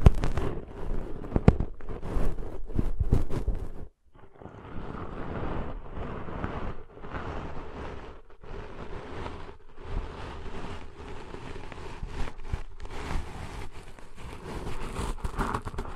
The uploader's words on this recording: ASMR Deep 3D Ear Cleaning Intense & Realistic (No Talking).